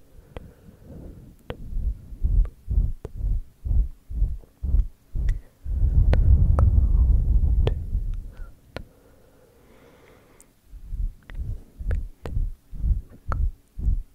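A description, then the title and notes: Bassy ASMR breathing and blowing come in quick regular puffs, give way to a long heavy rush around six seconds, then resume with sharp clicks. Bassy Breathing, Ear Blowing.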